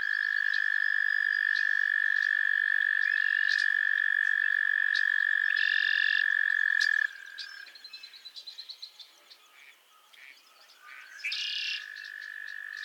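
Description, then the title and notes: Frog chorus: a loud, steady high trill holds for about seven seconds, then breaks off. Softer overlapping trills and short chirps follow, and a buzzy call sounds near the end. A chorus of frogs calling to one another on a summer evening at Miners Marsh, Annapolis Valley, Nova Scotia. "Theraphonia - Frogsong at Miners Marsh. A chorus of frogs croon to one another on an idyllic summer evening in Miners Marsh, Annapolis Valley, Nova Scotia"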